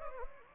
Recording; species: mosquito wingbeat signal from an infrared sensor; Anopheles gambiae